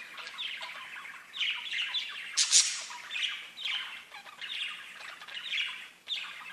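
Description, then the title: Budgerigar chatter: busy warbling squawks and chirps with sharp harsh screeches, continuous throughout. "Budgie Sounds"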